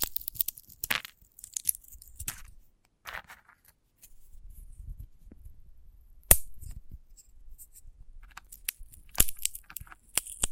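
A sunflower head being handled: crisp crackling, tearing and crunching sounds in irregular bursts. The sharpest snaps land near 6 and 9 seconds, with softer rustles and low thuds between them and short silent gaps around 3 and 4 seconds.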